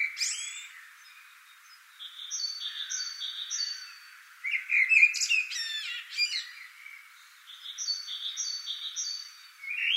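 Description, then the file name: Common blackbird giving a brief warbled phrase that breaks into sharp high squeaks, among a steady series of short high double notes from another bird. "Turdus merula"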